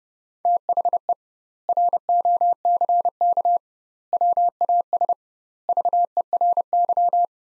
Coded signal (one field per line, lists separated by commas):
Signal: Morse code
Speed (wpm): 32 wpm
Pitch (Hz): 700 Hz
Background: none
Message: THE ROCK WAS VERY